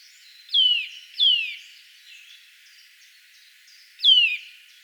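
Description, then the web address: Eurasian nuthatch song: loud, clear whistles sliding steeply downward, two in quick succession, a pause, then a third. "vogelstimmen kleiber gesang nabu lars lachmann"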